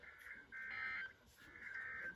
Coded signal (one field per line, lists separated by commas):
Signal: Emergency Alert System (SAME) tones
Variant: end-of-message bursts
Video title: SVA #97 (EAS #140)